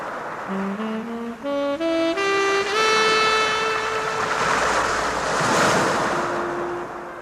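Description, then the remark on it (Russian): Ocean surf at high tide washes steadily, swelling into a louder rush of waves midway, while a stepped series of rising, sustained musical tones plays over it and settles into one long held note. “Был час прилива.”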